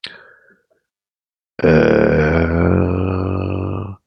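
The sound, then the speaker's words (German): A long, deep, resonant burp rumbles for over two seconds after a brief breathy sound and a pause, loud and steady with a low, throaty pitch before cutting off. “Jetzt muss ich mal aufstoßen hier.”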